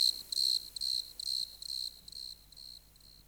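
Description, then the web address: Desert crickets chirping, a high pulsed trill in short bursts that grow fainter toward the end. "Dr Sound Effects. Chorus of Desert Crickets"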